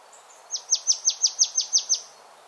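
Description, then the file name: Marsh Tit giving one rapid series of nine crisp, high, downward-sliding notes, evenly spaced and quickly repeated, against a light steady hiss. "Poecile palustris"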